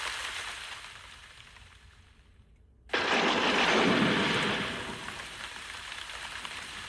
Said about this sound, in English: Is that a spot of rain I just felt? Nah. Maybe just a shower, it'll pass. These storms never last more than an hour.